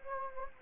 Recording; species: mosquito wingbeat signal from an infrared sensor; Anopheles gambiae